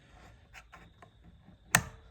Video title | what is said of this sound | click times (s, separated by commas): Honda Element P2422 diagnosis and repair | It's got to click over that lip, and you heard it click. | 1.8 s